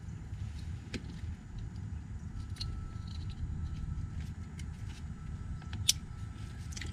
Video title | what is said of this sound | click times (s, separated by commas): Jeep LED Headlight Install ~ 7” Round Black Cree Headlights ~ Ep 57 | in clicks into place nice | 5.9 s